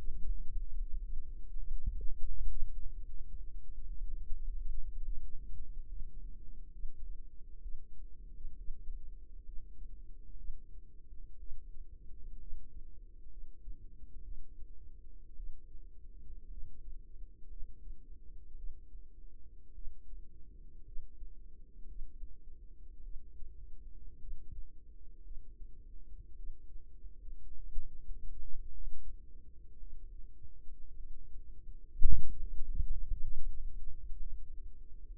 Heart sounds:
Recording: heart sounds by microphone in the right ear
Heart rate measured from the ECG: 59 bpm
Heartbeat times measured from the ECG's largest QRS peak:
0.71 s: heartbeat
1.58 s: heartbeat
2.48 s: heartbeat
3.30 s: heartbeat
4.13 s: heartbeat
5.04 s: heartbeat
5.87 s: heartbeat
6.72 s: heartbeat
7.61 s: heartbeat
8.56 s: heartbeat
9.44 s: heartbeat
10.36 s: heartbeat
11.38 s: heartbeat
12.38 s: heartbeat
13.29 s: heartbeat
14.22 s: heartbeat
15.35 s: heartbeat
16.48 s: heartbeat
17.48 s: heartbeat
18.55 s: heartbeat
19.73 s: heartbeat
20.83 s: heartbeat
21.86 s: heartbeat
23.02 s: heartbeat
24.19 s: heartbeat
25.22 s: heartbeat
26.35 s: heartbeat
27.54 s: heartbeat
28.68 s: heartbeat
29.78 s: heartbeat
30.95 s: heartbeat
32.00 s: heartbeat
32.92 s: heartbeat
33.79 s: heartbeat
35.03 s: heartbeat
From the record:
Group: healthy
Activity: rest 0-33 s, breath hold 33-35 s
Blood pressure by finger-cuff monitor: 81/50 mmHg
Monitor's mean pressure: 59 mmHg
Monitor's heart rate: 57 bpm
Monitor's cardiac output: 4.2 L/min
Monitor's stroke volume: 77 mL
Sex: female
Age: 36 years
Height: 163 cm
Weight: 88 kg

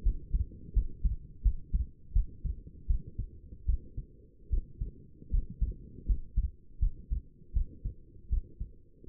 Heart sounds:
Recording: heart sounds by stethoscope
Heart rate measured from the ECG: 80 bpm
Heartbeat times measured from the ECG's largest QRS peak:
0.03 s: heartbeat
0.74 s: heartbeat
1.43 s: heartbeat
2.13 s: heartbeat
2.87 s: heartbeat
3.66 s: heartbeat
4.50 s: heartbeat
5.31 s: heartbeat
6.06 s: heartbeat
6.80 s: heartbeat
7.54 s: heartbeat
8.30 s: heartbeat
9.07 s: heartbeat
From the record:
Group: healthy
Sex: female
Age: 37 years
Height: 168 cm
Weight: 70 kg

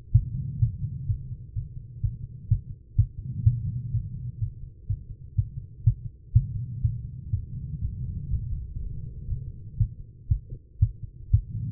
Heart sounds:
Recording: heart sounds by stethoscope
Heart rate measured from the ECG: 123 bpm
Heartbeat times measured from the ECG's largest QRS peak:
0.12 s: heartbeat
0.59 s: heartbeat
1.06 s: heartbeat
1.54 s: heartbeat
2.01 s: heartbeat
2.48 s: heartbeat
2.96 s: heartbeat
3.44 s: heartbeat
3.91 s: heartbeat
4.39 s: heartbeat
4.87 s: heartbeat
5.35 s: heartbeat
5.84 s: heartbeat
6.33 s: heartbeat
6.82 s: heartbeat
7.30 s: heartbeat
7.79 s: heartbeat
8.28 s: heartbeat
8.77 s: heartbeat
9.27 s: heartbeat
9.77 s: heartbeat
10.28 s: heartbeat
10.79 s: heartbeat
11.31 s: heartbeat
From the record:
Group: healthy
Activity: rest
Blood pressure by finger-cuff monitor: 144/76 mmHg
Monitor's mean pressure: 92 mmHg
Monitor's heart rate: 126 bpm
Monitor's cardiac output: 9.1 L/min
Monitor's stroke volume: 72 mL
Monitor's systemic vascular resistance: 740 dyn s/cm5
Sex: female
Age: 43 years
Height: 160 cm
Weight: 90 kg

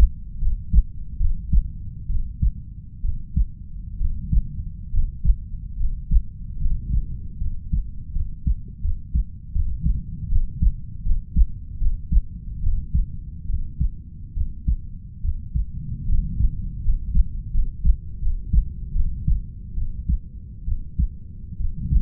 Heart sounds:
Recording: heart sounds by stethoscope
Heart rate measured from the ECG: 74 bpm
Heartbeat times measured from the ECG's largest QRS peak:
0.38 s: heartbeat
1.17 s: heartbeat
2.06 s: heartbeat
3.01 s: heartbeat
3.97 s: heartbeat
4.90 s: heartbeat
5.76 s: heartbeat
6.58 s: heartbeat
7.37 s: heartbeat
8.12 s: heartbeat
8.81 s: heartbeat
9.52 s: heartbeat
10.28 s: heartbeat
11.02 s: heartbeat
11.78 s: heartbeat
12.59 s: heartbeat
13.46 s: heartbeat
14.33 s: heartbeat
15.21 s: heartbeat
16.05 s: heartbeat
16.81 s: heartbeat
17.50 s: heartbeat
18.18 s: heartbeat
18.92 s: heartbeat
19.74 s: heartbeat
20.64 s: heartbeat
21.57 s: heartbeat
From the record:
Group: healthy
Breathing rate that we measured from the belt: 11 breaths a minute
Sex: female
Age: 32 years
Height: 168 cm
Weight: 61.9 kg

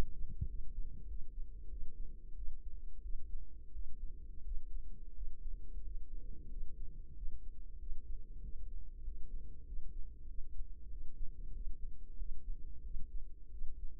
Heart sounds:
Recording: heart sounds by microphone in the right ear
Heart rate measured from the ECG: 92 bpm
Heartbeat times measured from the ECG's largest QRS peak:
0.44 s: heartbeat
1.04 s: heartbeat
1.66 s: heartbeat
2.32 s: heartbeat
2.99 s: heartbeat
3.69 s: heartbeat
4.41 s: heartbeat
5.11 s: heartbeat
5.80 s: heartbeat
6.46 s: heartbeat
7.12 s: heartbeat
7.75 s: heartbeat
8.38 s: heartbeat
9.00 s: heartbeat
9.62 s: heartbeat
10.24 s: heartbeat
10.86 s: heartbeat
11.50 s: heartbeat
12.14 s: heartbeat
12.80 s: heartbeat
13.47 s: heartbeat
From the record:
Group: healthy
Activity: cold pressor test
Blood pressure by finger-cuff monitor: 137/88 mmHg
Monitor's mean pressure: 105 mmHg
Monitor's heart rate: 96 bpm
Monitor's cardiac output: 7.2 L/min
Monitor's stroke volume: 76 mL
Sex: female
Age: 32 years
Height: 172 cm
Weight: 71.7 kg

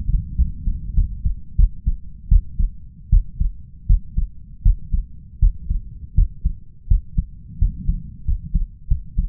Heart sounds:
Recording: heart sounds by stethoscope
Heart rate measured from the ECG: 85 bpm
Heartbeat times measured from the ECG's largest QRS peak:
0.35 s: heartbeat
0.94 s: heartbeat
1.56 s: heartbeat
2.28 s: heartbeat
3.09 s: heartbeat
3.86 s: heartbeat
4.62 s: heartbeat
5.39 s: heartbeat
6.14 s: heartbeat
6.87 s: heartbeat
7.58 s: heartbeat
8.24 s: heartbeat
8.87 s: heartbeat
From the record:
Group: healthy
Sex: male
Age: 21 years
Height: 180 cm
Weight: 67.5 kg

